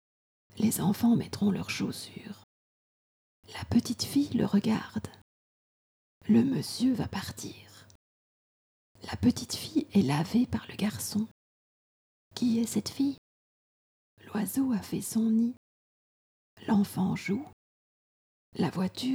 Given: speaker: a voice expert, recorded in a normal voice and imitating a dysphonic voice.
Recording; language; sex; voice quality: read sentences; French; female; dysphonic voice